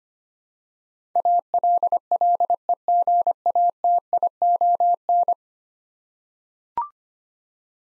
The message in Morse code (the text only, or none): ALLEGATION